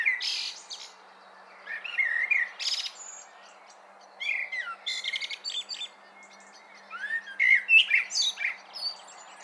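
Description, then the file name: Common blackbird delivering four short song phrases, each a brief mellow whistle followed by high scratchy twitters, with faint background hiss. "Turdus merula"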